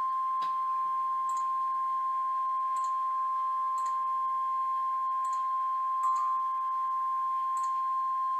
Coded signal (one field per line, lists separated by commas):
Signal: Emergency Alert System (SAME) tones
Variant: 1050 Hz attention tone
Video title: [TRIPLE HEADER!] NOAA Weather Radio - EAS #474 - 476 - TORR, SVR, TOR, 2/20/14 8:01 PM